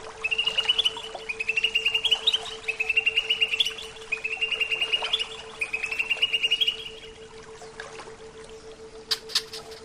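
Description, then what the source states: Greater green leafbird singing five fast buzzy trilled phrases in a row, each about a second long, then quiet with a steady low hum. Bird training (terapi) recording.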